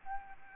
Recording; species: mosquito wingbeat signal from an infrared sensor; Aedes albopictus